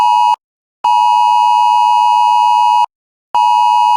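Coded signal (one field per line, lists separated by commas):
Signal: Emergency Alert System (SAME) tones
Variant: 853 and 960 Hz attention tone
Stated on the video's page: National periodic test relayed by four broadcast stations.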